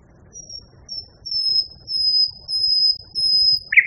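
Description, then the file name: Common nightingale song: a string of thin, high, drawn-out whistled notes repeated steadily, ending abruptly with a brief harsh chirp. Song variation. "kicauan-nightingale-b-variasi 5-omkicau"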